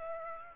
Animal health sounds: mosquito wingbeat signal from an infrared sensor; Aedes aegypti

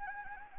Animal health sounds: mosquito wingbeat signal from an infrared sensor; Anopheles gambiae

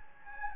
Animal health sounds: mosquito wingbeat signal from an infrared sensor; Anopheles gambiae

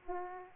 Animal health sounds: mosquito wingbeat signal from an infrared sensor; Aedes aegypti

